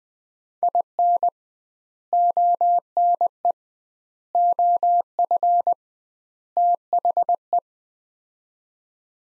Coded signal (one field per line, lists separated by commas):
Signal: Morse code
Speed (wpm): 20 wpm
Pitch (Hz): 700 Hz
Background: none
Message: IN ONE OF THE